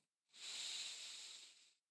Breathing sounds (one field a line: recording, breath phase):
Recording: one breath near a microphone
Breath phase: inhalation